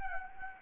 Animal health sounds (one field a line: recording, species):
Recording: mosquito wingbeat signal from an infrared sensor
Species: Anopheles gambiae